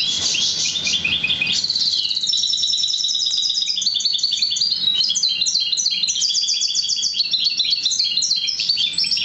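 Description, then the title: Oriental magpie-robin delivering a long, unbroken song of fast repeated high notes and rattling trills that changes pitch from phrase to phrase. "Kicau Kacer"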